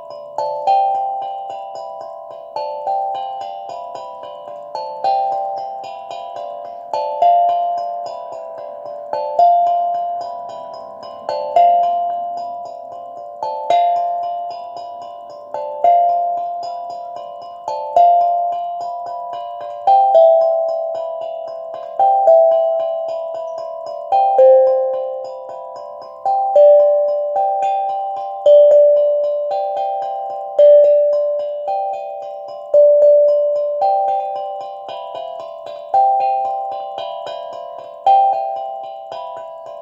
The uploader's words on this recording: Playing a new steel drum, called a tongue drum.